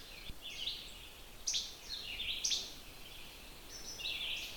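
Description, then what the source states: Least Flycatcher song: two sharp, snappy, metallic chebec notes about a second apart, with other high bird phrases and faint background noise. Two-noted, almost metallic chebec song, two given in a row; woods with a deciduous overstory, the habitat where the species is more common.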